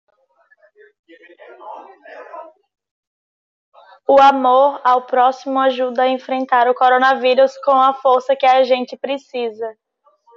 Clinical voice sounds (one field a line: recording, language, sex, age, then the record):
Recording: spoken sentence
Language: Brazilian Portuguese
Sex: female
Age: 18 to 19 years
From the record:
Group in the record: control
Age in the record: 19 years